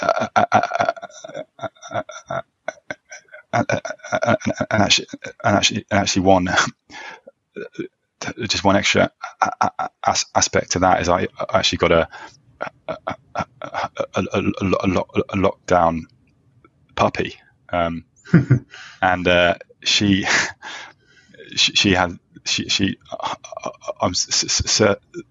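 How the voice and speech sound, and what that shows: Adult male speaker who stammers, with repetitions, prolongations and blocks on words such as "actually" and "she", and long pauses through the speech.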